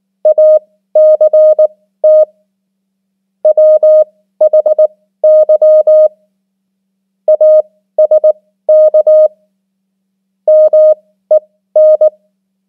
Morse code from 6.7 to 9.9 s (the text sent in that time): ASK